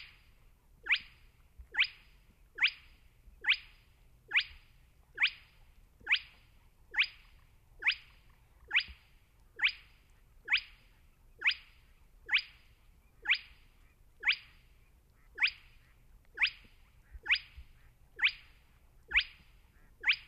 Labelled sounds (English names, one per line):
Spotted Crake